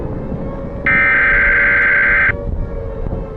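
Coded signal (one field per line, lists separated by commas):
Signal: Emergency Alert System (SAME) tones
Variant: header bursts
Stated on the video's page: Fictional EAS scenario of a worldwide invasion, not a real alert.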